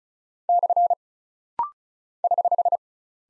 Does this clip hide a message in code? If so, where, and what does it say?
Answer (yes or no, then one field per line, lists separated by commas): yes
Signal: Morse code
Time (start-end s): 0.5-2.8 s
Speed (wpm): 36 wpm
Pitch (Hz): 700 Hz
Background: none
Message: / <HH>